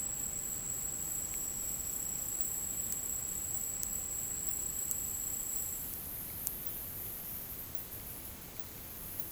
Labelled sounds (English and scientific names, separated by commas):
none